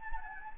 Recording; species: mosquito wingbeat signal from an infrared sensor; Anopheles gambiae